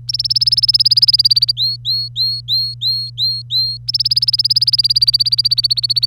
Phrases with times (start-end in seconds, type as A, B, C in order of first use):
0.08-1.51 A, 1.57-3.77 B, 3.88-6.06 A